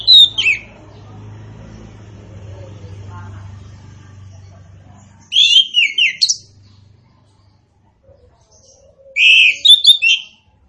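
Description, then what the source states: Orange-headed thrush song, three short bursts of loud, high, twisting whistled notes about every four to five seconds, with a low hum during the first half. Indonesian name anis kembang, also called punglor kembang; bird described as gacor and ngeplong.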